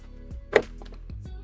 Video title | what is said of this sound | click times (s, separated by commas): Best Budget 1080P Gaming Monitor ??? | and slide it up in there and it should lock into place | 0.6 s